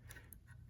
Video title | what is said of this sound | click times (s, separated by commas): THE BUILD PROCESS: Bird Strike! (Plastic Antweight) | it just snaps into place | 0.3 s